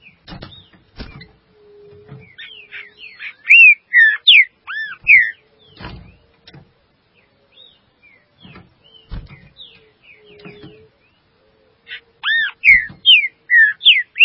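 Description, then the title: Green-winged saltator song in two bursts of rich, clear whistles, each note sliding up or down, separated by quieter notes, with scattered clicks and tapping. "Trinca Ferro"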